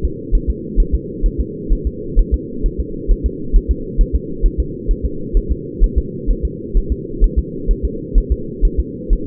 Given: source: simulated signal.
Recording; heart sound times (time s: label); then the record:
fetal heart sounds
0.05 s: S2
0.35 s: S1
0.50 s: S2
0.80 s: S1
0.95 s: S2
1.26 s: S1
1.40 s: S2
1.72 s: S1
1.87 s: S2
2.19 s: S1
2.34 s: S2
2.66 s: S1
2.80 s: S2
3.12 s: S1
3.26 s: S2
3.56 s: S1
3.71 s: S2
4.01 s: S1
4.15 s: S2
4.46 s: S1
4.60 s: S2
4.91 s: S1
5.06 s: S2
5.37 s: S1
5.52 s: S2
5.84 s: S1
5.98 s: S2
6.31 s: S1
6.45 s: S2
6.77 s: S1
6.92 s: S2
7.24 s: S1
7.38 s: S2
7.71 s: S1
7.85 s: S2
8.18 s: S1
8.32 s: S2
8.65 s: S1
8.80 s: S2
9.13 s: S1
From the record:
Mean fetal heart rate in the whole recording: 130 bpm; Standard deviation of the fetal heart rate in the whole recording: 4 bpm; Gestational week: 38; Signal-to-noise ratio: -4.3 dB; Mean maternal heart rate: 72 bpm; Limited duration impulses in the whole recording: present